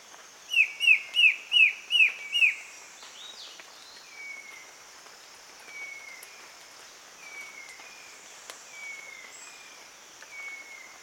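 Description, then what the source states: Black-headed antbird calling a quick run of six downslurred whistles, then fainter thin drawn-out whistles repeated every second or two over a soft hiss. Male, recorded 22 June 2008.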